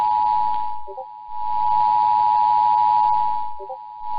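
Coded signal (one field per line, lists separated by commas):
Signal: Emergency Alert System (SAME) tones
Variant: 853 and 960 Hz attention tone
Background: music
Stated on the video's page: Arizona Required Monthly Test run 12 hours late, caught on three Phoenix stations.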